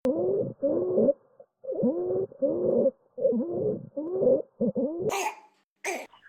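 Quick run of harsh, crowing, pitched breath sounds from a child, roughly every half second, ending in two noisy hissing breaths. This is stridor in croup, heard with a worsening cough: noisy breathing through a narrowed upper airway that calls for prompt review by a paediatrician or GP; severe stridor is treated with adrenaline nebulisation.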